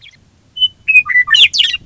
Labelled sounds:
Western Meadowlark
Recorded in Sonoma County, California

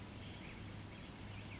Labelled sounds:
California Towhee
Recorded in Sonoma County, California

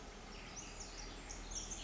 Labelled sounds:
Pacific Wren
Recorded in Sonoma County, California

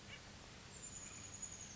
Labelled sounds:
Chestnut-backed Chickadee
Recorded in Sonoma County, California

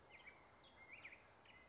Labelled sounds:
Black-headed Grosbeak
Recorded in Sonoma County, California

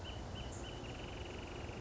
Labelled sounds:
Wrentit
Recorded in Sonoma County, California

